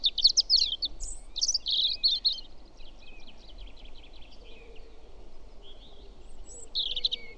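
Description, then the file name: European robin song: high, thin, tumbling phrases of rapid notes and trills, separated by pauses, over steady low background noise. "Erithacus rubecula"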